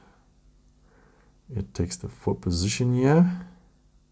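A microSD card is handled at its position in the plastic SIM/SD tray of a Samsung Galaxy A34 5G smartphone while someone talks from about 1.5 s onward, over a faint background hiss. Nothing has seated or clicked yet.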